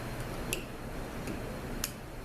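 A steel snap ring is pressed back into its groove in the clutch drum of a 6R80 automatic transmission. Two sharp, short ticks are heard at 0.5 s and 1.8 s, and the ring is seated in the groove.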